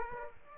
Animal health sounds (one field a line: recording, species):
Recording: mosquito wingbeat signal from an infrared sensor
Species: Aedes aegypti